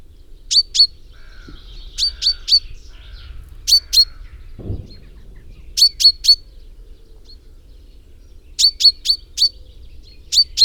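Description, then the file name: Common chaffinch calls: short, sharp metallic notes given in quick groups of two to four, bursts repeating every two seconds or so. "Fringilla coelebs"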